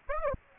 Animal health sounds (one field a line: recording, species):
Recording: mosquito wingbeat signal from an infrared sensor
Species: Aedes aegypti